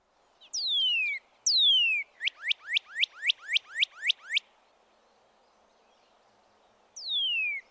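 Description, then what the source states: Northern Cardinal song: a long downslurred whistle, then a second, followed by a quick series of about nine rising chip notes, with one more downslurred whistle at the end. Downslurred 'cheer' song, two examples; both males and females sing; heard throughout the year; begins with a downslurred phrase followed by repeated notes.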